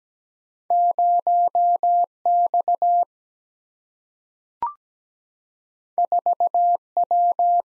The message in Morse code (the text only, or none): 0 X 4 W